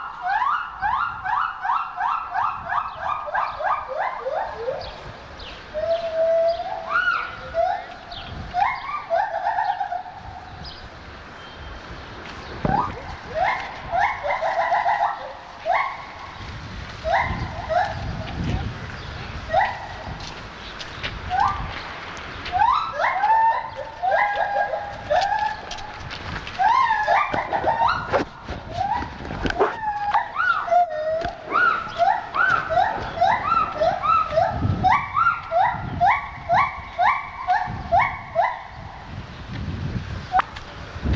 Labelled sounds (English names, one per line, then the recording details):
Silvery Javan Gibbon
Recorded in captivity
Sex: pair
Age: adult
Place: Zoo Berlin, Berlin, DE
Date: 1984-03-02 12:18
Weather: 5°C, sonnig
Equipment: Sony TCM-7, Mikrofon Olympus Mi-7, Kopie Uher 4000 Report Monitor
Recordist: Tembrock, Günter